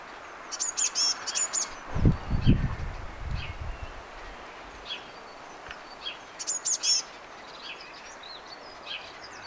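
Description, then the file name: Eurasian blue tit calls: short clusters of high, thin, ringing notes near the start and again later, with scattered softer chips and a few low thumps between. "Cyanistes caeruleus"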